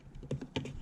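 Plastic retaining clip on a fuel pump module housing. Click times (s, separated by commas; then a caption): 0.6 s. Small plastic retaining pieces on a fuel pump module housing are levered loose during a Walbro 525 fuel pump upgrade on an Explorer SHO / Flex 3.5L EcoBoost. A few faint plastic ticks and a sharper snap lead up to a loud, crisp pop at 0.6 s as the plastic retaining clip pops out and releases.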